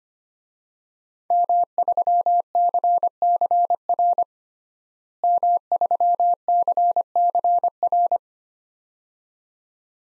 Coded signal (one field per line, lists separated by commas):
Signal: Morse code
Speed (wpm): 25 wpm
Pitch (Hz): 700 Hz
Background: none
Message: M3CCR M3CCR